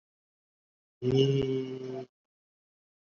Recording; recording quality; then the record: sustained vowel as in beet; excellent, no background noise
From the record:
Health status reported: COVID-19 positive, mild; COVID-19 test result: positive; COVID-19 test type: RT-PCR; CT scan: not taken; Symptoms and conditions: cough, breathing difficulty, fatigue, diabetes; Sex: male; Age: 55 years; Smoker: no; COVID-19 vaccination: both doses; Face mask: worn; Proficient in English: yes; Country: India